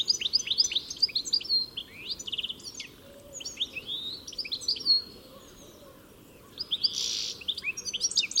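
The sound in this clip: Bird chirping in busy runs of high, rapid, sweeping notes, with short quiet gaps and a brief hiss.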